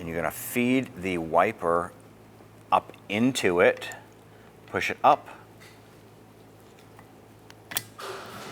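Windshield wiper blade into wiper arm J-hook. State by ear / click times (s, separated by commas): seated / 7.8 s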